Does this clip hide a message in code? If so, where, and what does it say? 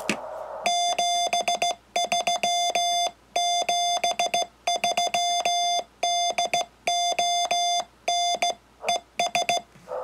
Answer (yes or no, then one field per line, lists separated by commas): yes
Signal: Morse code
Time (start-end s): 0.7-9.6 s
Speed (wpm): 16 wpm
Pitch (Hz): 700 Hz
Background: none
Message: 73 73 DON ES